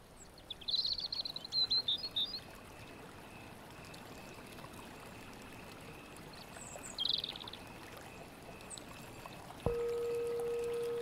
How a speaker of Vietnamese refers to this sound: Mặt trời nhô lên khỏi đỉnh Tuyết Sơn, muôn ngàn tia sáng chói chang tỏa lan khắp thung lũng Saraswati. Đó đây, chim chóc cất tiếng báo hiệu một ngày vừa bắt đầu.